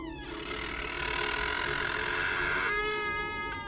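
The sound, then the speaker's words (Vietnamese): A door hinge creaks as the wind slowly blows the door open: one long, drawn-out, high squealing groan that shifts in pitch partway through and holds steady and fairly loud, with no voices. “Cơn gió thổi cánh cửa từ từ mở ra, tiếng cái bản lề lại một lần nữa vang lên.”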